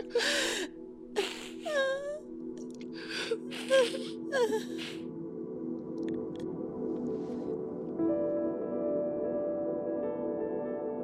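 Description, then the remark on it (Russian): Two embracing women fall to their knees and sob together in choked, gasping bursts and quavering, wailing whimpers for several seconds, then the crying gives way to a low, steady sustained drone. “Обнявшие женщины падают на колени, рыдают.”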